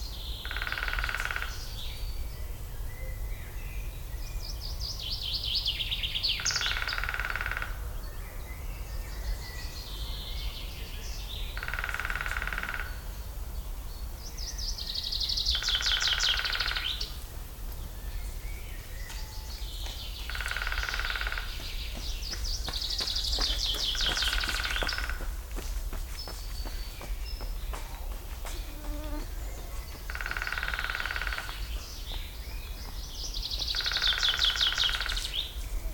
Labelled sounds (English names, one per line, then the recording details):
Common Chaffinch
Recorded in the wild
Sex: male
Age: adult
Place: Liepnitzsee, Brandenburg, DE
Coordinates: 52.75, 13.51
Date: 1995-05-06 19:50
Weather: heiter, 18°C
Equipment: Marantz CP 430, Sennheiser ME 80, Kopie Uher 4000 Report Monitor
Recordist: Tembrock, Günter